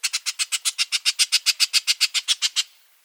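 Bullock's oriole giving a dry, harsh rattle of many evenly spaced notes in quick succession.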